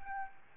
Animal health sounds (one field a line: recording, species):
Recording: mosquito wingbeat signal from an infrared sensor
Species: Aedes albopictus